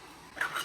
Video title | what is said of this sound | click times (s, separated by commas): Solar Panel #11 Assembly v0.1 (Broken Bird) | I got a little button here so that this thing here doesn't you know just kind of fall out all the time but doesn't click in that well | 0.4 s